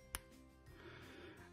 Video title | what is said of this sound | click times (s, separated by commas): Parker Classic - Nib Designed for Reverse Writing | the cap posts deeply and securely with a positive click | 0.2 s